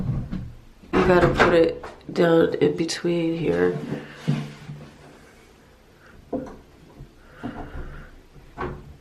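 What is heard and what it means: While someone talks, a closet organizer component is handled and pushed toward its frame without forcing it during assembly of a new closet system, with a few soft knocks and rustles near the end. Nothing has seated or clicked yet.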